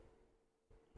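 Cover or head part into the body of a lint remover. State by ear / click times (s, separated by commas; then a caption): not seated / none. A cover or head part is put back the same way onto the plastic body of an AGARO lint remover and twisted so it will lock. Low handling noise and a steady hum build to a louder rustle at about 0.7 s and again at the very end. Nothing has seated or clicked yet.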